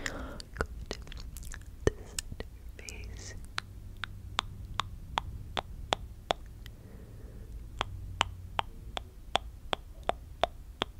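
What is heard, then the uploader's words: Tongue clicks in a steady, even train, roughly three per second, each a sharp dry snap that stands out against a low, constant hum. In the first three seconds the clicks come a little closer together, mixed with a few faint wet mouth noises. Mouth Sounds tongue clicking.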